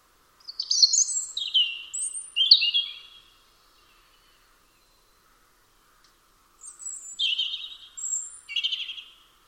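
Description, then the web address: European robin singing two separate phrases of high, wavering whistles and quick squeaky notes, with several seconds of silence between them. "Deverinetal 2025 File origin Bird Only Er Ru"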